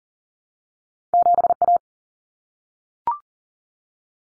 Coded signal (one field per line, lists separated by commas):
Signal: Morse code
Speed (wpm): 40 wpm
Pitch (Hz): 700 Hz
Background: none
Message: 7A